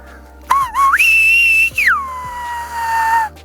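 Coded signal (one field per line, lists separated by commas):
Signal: whistled language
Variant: Silbo Gomero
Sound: a single loud whistle gliding low, jumping high and holding, then sliding down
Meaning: The whistled word means yellow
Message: amarillo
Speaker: Ahora yo te voy a decir un color y tú lo vas a adivinar.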